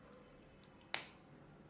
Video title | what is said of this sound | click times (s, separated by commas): Oakley Flak Jacket (Asian Fit) Lenses Replacement Tutorial - How to Install New Lenses | in it should pop in this may take some Force but that's perfectly fine | 0.9 s